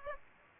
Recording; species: mosquito wingbeat signal from an infrared sensor; Aedes aegypti